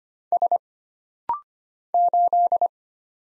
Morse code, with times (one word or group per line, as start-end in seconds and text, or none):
0.3-0.6 S
1.9-2.7 8